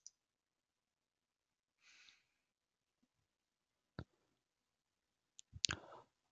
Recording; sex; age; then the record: vowel held as long as possible; male; 20 to 29 years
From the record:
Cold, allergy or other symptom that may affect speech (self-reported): no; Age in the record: 29 years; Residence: Oregon, United States